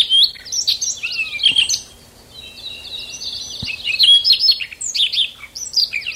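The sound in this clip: Siberian rubythroat pouring out rapid twittering and whistled notes, with a short lull before a sustained passage and more warbling.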